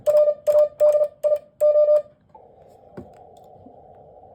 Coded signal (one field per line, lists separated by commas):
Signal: Morse code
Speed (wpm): 34 wpm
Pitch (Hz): 600 Hz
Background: none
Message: RADIO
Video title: How fast can you copy Morse code?